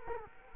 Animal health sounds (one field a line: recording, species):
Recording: mosquito wingbeat signal from an infrared sensor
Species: Culex quinquefasciatus